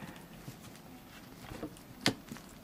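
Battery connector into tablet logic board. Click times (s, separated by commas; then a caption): 2.1 s. During reassembly for an LCD screen repair on an iPad mini 2 with Retina Display, the battery connector is pressed back onto the tablet's logic board. Faint handling taps are heard around 1.8 s and 2.4 s, with a sharp, bright click at 2.1 s. The connector is seated.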